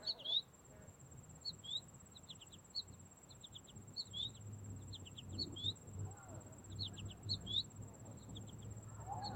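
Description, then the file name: American Goldfinch calls: short groups of two to four high, clipped notes repeated steadily throughout, over a low background rumble. "Carduelis tristis - American Goldfinch"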